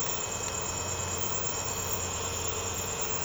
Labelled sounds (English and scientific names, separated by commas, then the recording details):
none
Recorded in secondary vegetation near Puerto Asís, Putumayo, Colombia, on 19 March 2025 at 04:00
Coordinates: 0.468, -76.324
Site G059